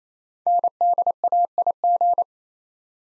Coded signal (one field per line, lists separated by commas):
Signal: Morse code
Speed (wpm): 27 wpm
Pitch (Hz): 700 Hz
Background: none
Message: NDAIG